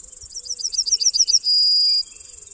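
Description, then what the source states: Yellowhammer song: a quick run of short, high notes ending in one long drawn-out note, over a steady high-pitched insect chorus. Simple song standing out above the insect chorus on a forest glade (Puszczańska Polana) in July, midsummer midday heat.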